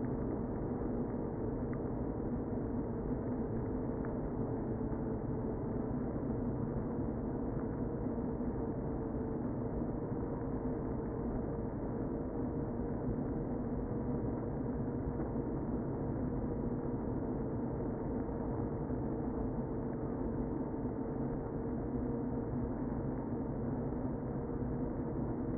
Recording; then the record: honeybee colony, microphone inside the hive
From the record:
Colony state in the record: queen present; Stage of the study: before two queens were removed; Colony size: about 60,000 bees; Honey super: yes